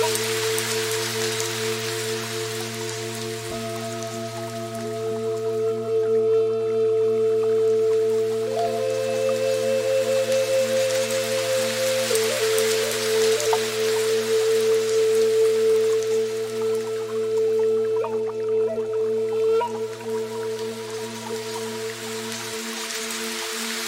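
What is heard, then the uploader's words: Soft, sustained piano notes ring in the low and middle range over a steady, hissing murmur of flowing water that swells midway. Immerse yourself in a harmonious blend of Relaxing Piano Music and the gentle murmur of a Soft Water Stream. The rhythmic ebb and flow of a Waterfall.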